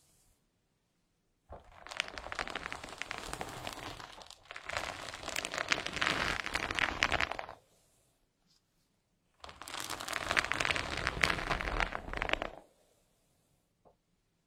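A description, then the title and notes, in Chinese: Hair being combed, heard as dense, crisp scratchy swishes made of many fine crackles. There are three long strokes: from about 1.5 to 4.3 seconds, from 4.5 to 7.6, and from 9.4 to 12.6, with quiet gaps between them. A faint tap comes near the end. 温温柔柔梳头发。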